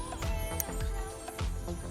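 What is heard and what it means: The wiring harness plug of a RaceChip GTS Black tuning module is pushed onto the engine sensor connector of a BMW 535d until its plastic locking clip engages. A sharp click sounds at 0.6 s over steady background music, confirming the plug is seated.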